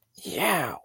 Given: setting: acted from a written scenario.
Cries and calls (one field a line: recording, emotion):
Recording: vocal sound without words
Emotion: pain